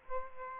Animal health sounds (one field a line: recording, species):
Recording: mosquito wingbeat signal from an infrared sensor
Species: Aedes aegypti